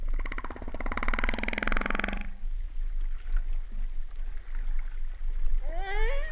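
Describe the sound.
Humpback whale song: a loud, rapidly pulsed buzzing grunt lasting two seconds, quiet rumble, then a quick upward-sweeping cry at the close.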